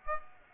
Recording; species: mosquito wingbeat signal from an infrared sensor; Aedes aegypti